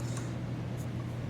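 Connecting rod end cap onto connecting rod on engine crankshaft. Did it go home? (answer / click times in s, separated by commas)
no / none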